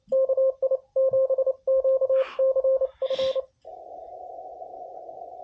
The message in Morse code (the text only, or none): KI7QCF